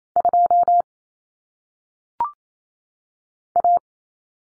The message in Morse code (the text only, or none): 2 A